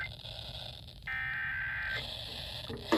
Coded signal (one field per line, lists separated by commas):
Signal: Emergency Alert System (SAME) tones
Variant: header bursts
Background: speech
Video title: September 2023 Texas Required Monthly Test (EAS #457-465)